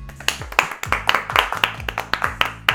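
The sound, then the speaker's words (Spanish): A short burst of applause at the end of a radio show: a small group clapping in a quick, steady patter of sharp claps, fairly loud, with no voices over it. “Un aplauso otra vez.”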